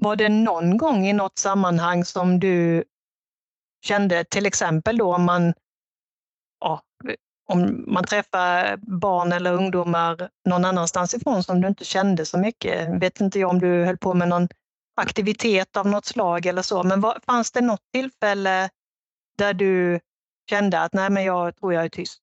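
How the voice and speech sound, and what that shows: An adult asks a long, fluent question in Swedish, with brief hesitations and pauses: ordinary conversational speech.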